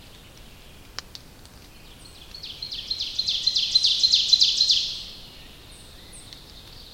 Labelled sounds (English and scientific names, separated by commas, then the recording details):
Ovenbird (Seiurus aurocapilla) song
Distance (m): 25 m
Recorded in boreal forest in Alberta, Canada, on 29 May 2016 at 07:25
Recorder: SongMeter 3, array SBT-3-49
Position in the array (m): 55 m, 262 m
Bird 14